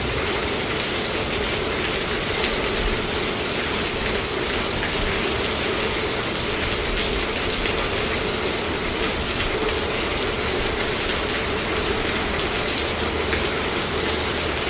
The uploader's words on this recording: Garage Rain. Unwind with the soothing sounds of rain gently pelting the roof of a garage.